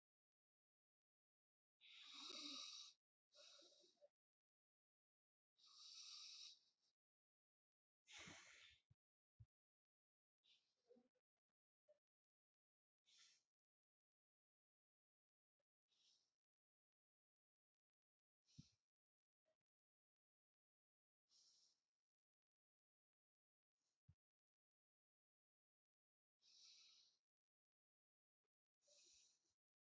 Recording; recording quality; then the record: deep breathing; excellent, no background noise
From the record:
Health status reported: COVID-19 positive, mild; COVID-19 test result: positive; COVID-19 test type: RT-PCR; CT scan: not taken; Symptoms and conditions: cough, cold, fever, fatigue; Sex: male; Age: 26 years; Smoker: no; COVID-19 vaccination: both doses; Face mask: not worn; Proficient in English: yes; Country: India